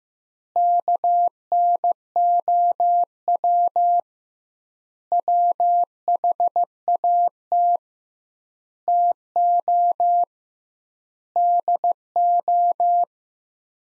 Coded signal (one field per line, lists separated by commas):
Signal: Morse code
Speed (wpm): 15 wpm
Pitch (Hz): 700 Hz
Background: none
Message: KNOW WHAT TO DO